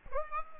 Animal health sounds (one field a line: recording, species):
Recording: mosquito wingbeat signal from an infrared sensor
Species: Aedes aegypti